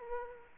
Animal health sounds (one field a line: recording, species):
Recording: mosquito wingbeat signal from an infrared sensor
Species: Aedes aegypti